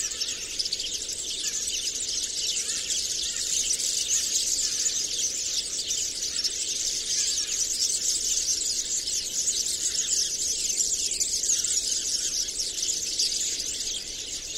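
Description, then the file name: European serin song: a continuous, very high, rapid jingling twitter that runs without a break throughout, steady in loudness. Recorded on 22 January 2017 at Binsham. "Girlitz. Binsham. Susanne Rieck"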